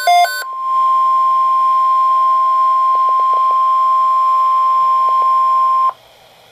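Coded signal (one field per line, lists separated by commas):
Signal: Emergency Alert System (SAME) tones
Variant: 1050 Hz attention tone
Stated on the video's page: Severe thunderstorm watches and warnings received off NOAA Weather Radio station KEC83; a malfunction sent the same watch twice.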